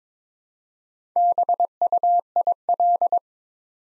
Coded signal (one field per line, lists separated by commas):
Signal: Morse code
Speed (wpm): 22 wpm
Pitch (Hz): 700 Hz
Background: none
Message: BUIL